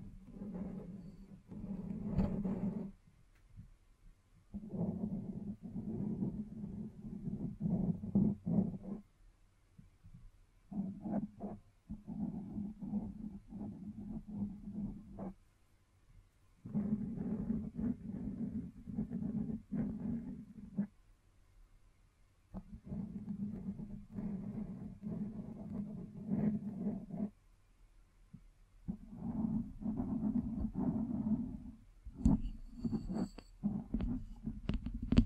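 Scratching and tracing sounds come in bursts of a few seconds each, separated by short pauses. The rough, busy scraping sits mostly low, with scattered brighter clicks and taps through it. Near the end, some sharper, brighter taps stand out.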